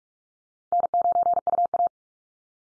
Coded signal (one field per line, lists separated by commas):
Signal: Morse code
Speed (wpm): 44 wpm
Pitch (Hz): 700 Hz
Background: none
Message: N9UA